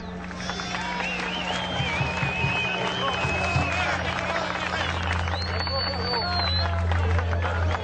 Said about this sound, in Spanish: Les decía que les mandé a pedir con el vicepresidente ejecutivo Aristóbulo Isturi, un aplauso al profe.